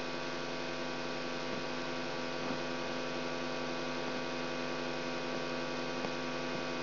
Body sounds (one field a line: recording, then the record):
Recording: brain microelectrode recording played as sound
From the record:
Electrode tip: outside the subthalamic nucleus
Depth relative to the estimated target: 2 mm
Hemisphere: left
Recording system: AlphaMap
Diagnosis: Parkinson's disease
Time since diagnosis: 16 years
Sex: female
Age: 67 years